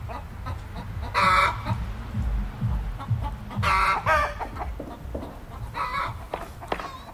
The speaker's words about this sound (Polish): A co ja tutaj słyszę? Znaczy, no te... No, kury? Kury, no tak, bo tutaj sąsiedzi mają z jednej strony kury, gołębie zresztą też